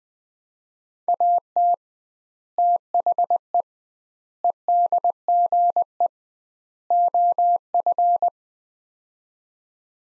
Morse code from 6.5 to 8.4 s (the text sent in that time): OF